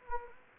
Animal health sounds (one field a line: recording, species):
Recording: mosquito wingbeat signal from an infrared sensor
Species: Anopheles gambiae